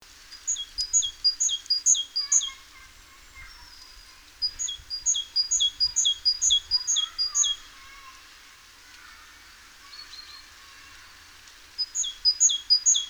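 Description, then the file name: Great tit giving three bursts of quick, high, repeated notes, each a bright upper note followed by lower ones, with softer twittering between bursts. "Parus major"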